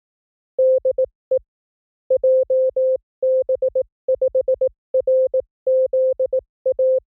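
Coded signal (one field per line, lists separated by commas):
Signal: Morse code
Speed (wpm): 18 wpm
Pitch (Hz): 520 Hz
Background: none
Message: DE JB5RZA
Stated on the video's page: Morse training drill of random Japanese callsigns at speeds from 15 to 25 WPM, 300 calls, generated at a 44100 Hz sampling rate.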